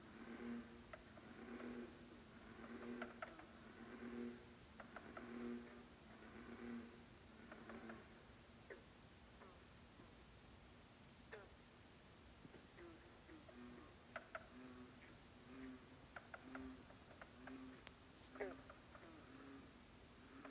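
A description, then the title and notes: Frogs call at night by a lake, a regular series of low, throaty pulses repeating about every second through the first half, then growing sparser and more irregular. A steady hiss of night sound sits underneath, with occasional sharp clicks and chirps later on. Frogs of Lac Labelle at 1am, Saint-Adolphe-d’Howard, Quebec, Canada. By Mira Burt-Wintonick.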